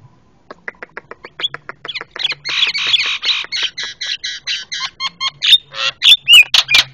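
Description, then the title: Javan myna calls: quiet ticking notes building into loud, dense harsh rasping chatter, ending in sharp squealing whistles. Very noisy Javan myna calls, used for training cage birds by imitation (masteran). "Jalak Kebo Master Suara Super Berisik Buat Masteran"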